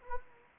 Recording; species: mosquito wingbeat signal from an infrared sensor; Anopheles gambiae